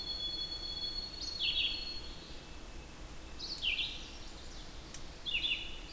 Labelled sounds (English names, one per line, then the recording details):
Red-eyed Vireo song
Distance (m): 35 m
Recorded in boreal forest in Alberta, Canada, on 8 June 2016 at 08:04
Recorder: SongMeter 3, array SBT-3-9
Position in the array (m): 9 m, 111 m